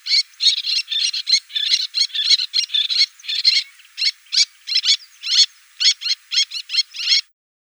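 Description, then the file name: Little tern calling in a fast chattering series of many harsh, squeaky notes in quick succession with brief gaps, high-pitched and insistent. "Krachka malaja"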